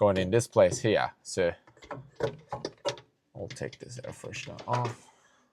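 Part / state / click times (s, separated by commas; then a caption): overhead sunglass holder and light console into roof lining / not seated / none. Someone talks while handling an overhead console trim piece, a sunglass holder with front lights, taking the old one out of the roof lining opening of a Y62 before fitting the new unit. Nothing has seated or clicked into place yet.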